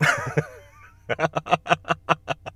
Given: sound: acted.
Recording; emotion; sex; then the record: nonverbal affect burst; happiness; male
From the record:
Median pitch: 153 Hz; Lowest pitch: 78 Hz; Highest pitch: 178 Hz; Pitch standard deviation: 28 Hz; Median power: 50.4 dB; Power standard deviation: 13.2 dB